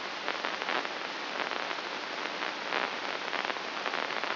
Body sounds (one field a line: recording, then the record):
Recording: brain microelectrode recording played as sound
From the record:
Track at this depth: outside the subthalamic nucleus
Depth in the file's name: 6.629 mm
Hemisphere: left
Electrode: 2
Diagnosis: Parkinson's disease